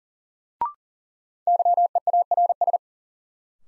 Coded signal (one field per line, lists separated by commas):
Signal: Morse code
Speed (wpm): 40 wpm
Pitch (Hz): 700 Hz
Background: none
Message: YEARS